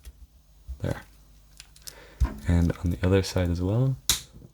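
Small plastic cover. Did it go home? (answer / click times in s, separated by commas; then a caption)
no / none. A plastic top cover is being fitted onto the upper half of a Pikachu 3DS XL handheld game console during a top screen replacement, slid along its edges to snap it into place. Faint ticks and handling noises come early, with sharper ones near 1.6 and 1.9 seconds, while someone talks. Nothing has seated or clicked yet.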